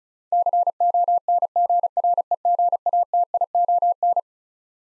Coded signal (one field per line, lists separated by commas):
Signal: Morse code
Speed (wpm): 36 wpm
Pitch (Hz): 700 Hz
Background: none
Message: CONGREGATION